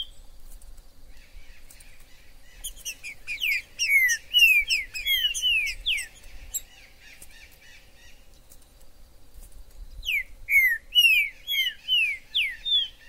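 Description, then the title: Green-winged saltator song of quick descending whistled notes in two runs, against a quiet background. Recorded in the forest; used to stimulate a pet bird into singing and competitive male calling. "TRINCA FERRO no MATO"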